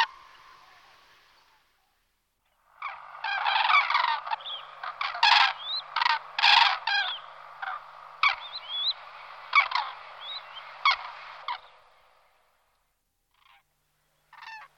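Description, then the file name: Common crane trumpeting: a dense burst of overlapping harsh, bugling calls that fades out, followed by a few faint notes. "jeřáb-popelavý"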